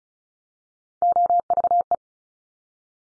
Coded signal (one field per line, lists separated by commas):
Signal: Morse code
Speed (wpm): 36 wpm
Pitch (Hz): 700 Hz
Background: none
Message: OVE